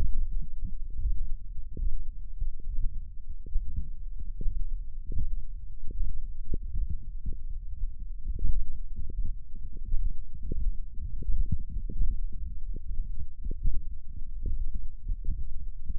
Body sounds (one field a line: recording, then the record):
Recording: forearm muscle sounds (acoustic myography)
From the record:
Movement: thumb flexion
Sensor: system 1, eight BSWA MPA416 microphones around the upper forearm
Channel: 8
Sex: male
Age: 21 years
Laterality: right